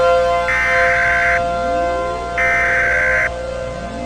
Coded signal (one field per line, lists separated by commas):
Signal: Emergency Alert System (SAME) tones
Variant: header bursts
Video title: EAS SCENARIO #1 - Acid Weather